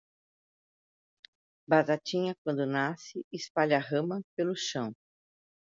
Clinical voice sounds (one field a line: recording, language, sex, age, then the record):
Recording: short text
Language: Brazilian Portuguese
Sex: female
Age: 60 to 69 years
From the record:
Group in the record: control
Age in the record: 64 years